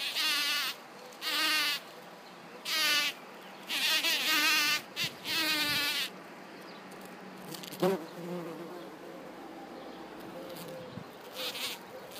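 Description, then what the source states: Bumblebee buzzing in several short bursts in a row, then a quieter stretch with faint hum and a soft click. Bumblebee buzzing on flowers.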